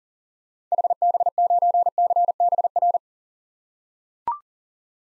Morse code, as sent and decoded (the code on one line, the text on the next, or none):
.... -... ----. -.-. -... .-.
HB9CBR